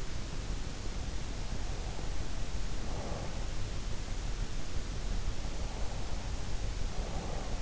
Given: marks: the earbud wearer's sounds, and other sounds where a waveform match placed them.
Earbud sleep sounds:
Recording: sounds in sleep by an in-ear microphone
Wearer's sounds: breath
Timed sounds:
1.41-3.66 s: breath
5.48-7.62 s: breath

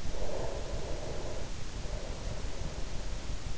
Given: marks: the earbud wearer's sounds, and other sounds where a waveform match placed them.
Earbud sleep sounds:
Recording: sounds in sleep by an in-ear microphone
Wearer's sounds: breath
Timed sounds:
0.09-3.35 s: breath

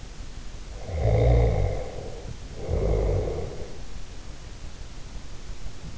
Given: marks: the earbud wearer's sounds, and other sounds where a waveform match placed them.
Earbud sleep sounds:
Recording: sounds in sleep by an in-ear microphone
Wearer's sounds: snoring breath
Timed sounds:
0.85-3.90 s: snoring breath

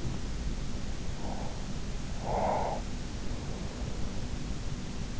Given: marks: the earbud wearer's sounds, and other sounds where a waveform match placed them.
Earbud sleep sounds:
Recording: sounds in sleep by an in-ear microphone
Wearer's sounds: breath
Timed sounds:
1.12-3.11 s: breath

